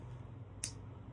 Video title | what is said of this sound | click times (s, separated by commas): New Shop Light Alert - HOTLIGH LUX First Look | click into place. It has a little detent, so it clicks into place, and it's not just going to fall out on you. | 0.6 s